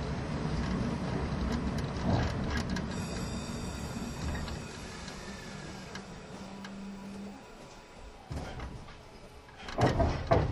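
A vintage passenger train, an electric locomotive hauling old coaches, rumbles steadily along with a low, rough rolling noise. Clicks and metallic rattles come and go, a brief low hum rises near the middle, and sharp clanks from the wheels and couplings close the last second.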